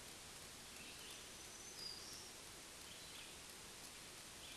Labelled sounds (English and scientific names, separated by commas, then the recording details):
Black-throated Green Warbler (Setophaga virens) song
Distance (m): 60 m
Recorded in a Pennsylvania forest on 1 June 2023 at 08:56
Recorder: AudioMoth, point grid3_17_high
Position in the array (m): 153 m, 141 m